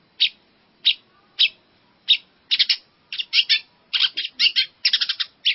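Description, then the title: Long-tailed shrike song: several sharp, high notes spaced apart, then quicker clustered bursts of harsh phrases toward the end. "Kicau Burung Pentet"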